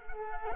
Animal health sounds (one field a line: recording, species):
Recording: mosquito wingbeat signal from an infrared sensor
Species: Culex quinquefasciatus